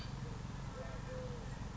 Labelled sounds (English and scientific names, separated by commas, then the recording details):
Eurasian Collared Dove (Streptopelia decaocto)
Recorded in Sonoma County, California